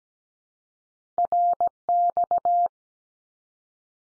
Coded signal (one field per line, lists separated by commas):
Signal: Morse code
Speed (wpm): 17 wpm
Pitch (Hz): 700 Hz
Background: none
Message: RX